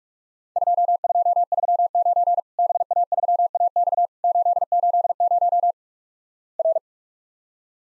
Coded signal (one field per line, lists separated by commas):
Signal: Morse code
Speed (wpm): 46 wpm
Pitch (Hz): 700 Hz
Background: none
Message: 2239 BA3AX 880 R